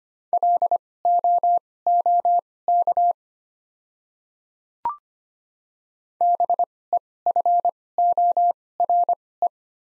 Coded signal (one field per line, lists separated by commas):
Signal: Morse code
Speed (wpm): 25 wpm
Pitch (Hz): 700 Hz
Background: none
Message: LOOK BEFORE